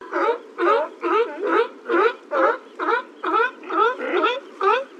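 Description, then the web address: Sea lion giving harsh barking calls, repeated about twice per second in a steady honking series. "loteriasonoramexicana. lobos marinos"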